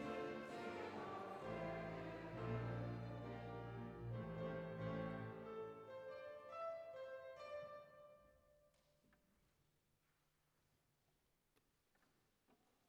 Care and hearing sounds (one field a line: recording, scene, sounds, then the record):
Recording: everyday scene through a hearing-aid microphone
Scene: reverberant space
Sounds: music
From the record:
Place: church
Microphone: behind the ear, right, rear